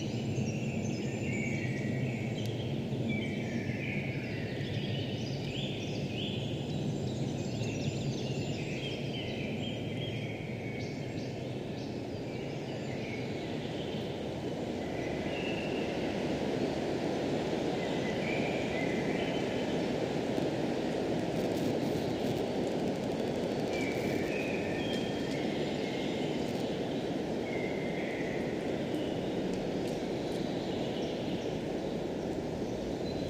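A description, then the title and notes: Wind moves steadily through the forest, a dense, constant rushing roar that stays low and even for the whole stretch. Above it, birds sing in short bright phrases and chirps, coming and going every few seconds, busiest early on and again near the middle. It was pretty windy in the forest today.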